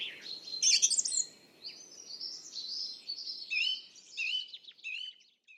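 Song thrush song: a stream of varied high phrases, some scratchy, some clear and whistled, with brief pauses between them.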